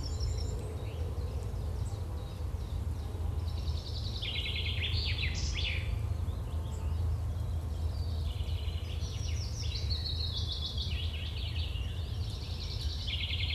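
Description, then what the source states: Birds chirping in scattered bursts of quick high twitters and trills, with quieter gaps between, over an unbroken low rumble. Birds chirping on a field with a farm nearby.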